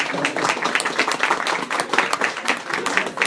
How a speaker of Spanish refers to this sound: Para variar, el joven tiene que ser entrada espectacular. Un fuertísimo aplauso para el Dark Lord Sith.